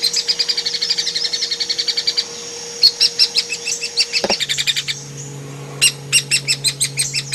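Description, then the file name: Hairy woodpecker giving rapid runs of sharp, high pik notes, several bursts broken by short gaps, over a faint steady hum. "platuk hairy untuk kacer murai cucak hijau"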